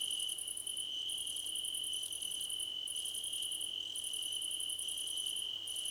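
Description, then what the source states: Cricket chorus: fast, very high pulsed chirps in long runs with brief pauses, layered over a continuous steady trill. Crickets in a chorus, described as a choir competition.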